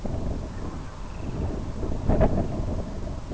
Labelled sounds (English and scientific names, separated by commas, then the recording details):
unidentified sound, Semipalmated Sandpiper (Calidris pusilla)
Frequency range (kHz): Semipalmated Sandpiper (Calidris pusilla) 1.9-3.5 kHz
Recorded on Arctic tundra, site IGLO-B, on 27 June 2018
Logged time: 03:59